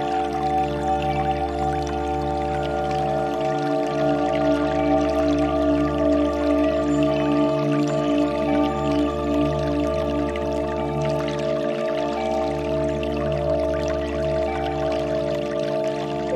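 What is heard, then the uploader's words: Tibetan singing bowls ring in a steady, layered drone of deep and middle tones that hold throughout. The low tone briefly drops out about every four seconds, at near 4, 8 and 12 seconds. A faint trickling, watery texture sits quietly underneath. A Serene Journey Through Nature Sounds and Tibetan Bowls.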